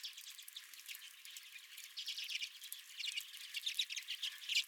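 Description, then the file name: Redpolls twittering together, a continuous mesh of thin, high chirps and dry trills rising and falling in strength. Several redpolls at the recordist's feeder. "Redpolls at My Feeder"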